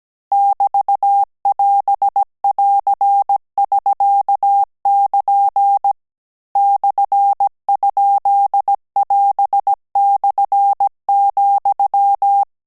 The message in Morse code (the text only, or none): <BT><AS><AR><SK><KN> /?<AS>/,